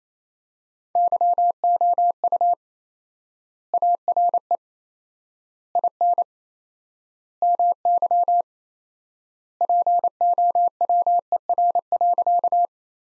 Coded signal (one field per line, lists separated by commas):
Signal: Morse code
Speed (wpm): 28 wpm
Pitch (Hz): 700 Hz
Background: none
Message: YOU ARE IN MY POWER.